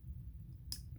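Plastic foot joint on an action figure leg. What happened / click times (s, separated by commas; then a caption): The plastic foot joint locked into place / 0.7 s. The plastic foot on the leg of a transforming action figure is folded into position over a low background hum. A single sharp click at 0.7 s marks the foot locking into place.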